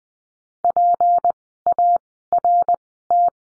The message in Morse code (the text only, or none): PART